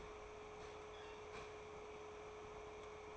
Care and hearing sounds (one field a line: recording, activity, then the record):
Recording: daily activity, microphone in the room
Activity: open fridge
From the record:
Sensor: 1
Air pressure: 1004.6 hPa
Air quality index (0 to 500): 194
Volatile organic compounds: 17 ppm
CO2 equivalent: 2570 ppm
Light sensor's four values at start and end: 4/10/4/4 and 4/10/4/4